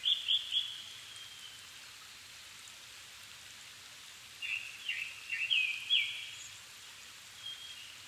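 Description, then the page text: Japanese thrush song: a short run of clear, varied whistled notes, a pause of about three seconds, then a second, longer phrase with rising and falling notes, over a steady hiss. Recorded 7 May 2011 at 17:59, altitude 270 m, with a Sony PCM-D50 and Panasonic WM-61A microphone. "kurotugumi 20110507-1759. Turdus cardis [Sounds -Nikko Today-]"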